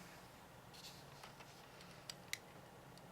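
A plastic hip armor piece that had come out of place on a transforming action figure is worked back into position, with soft handling rustles and a light tick at 2.1 s. A sharp click at 2.3 s marks the piece seating back into place.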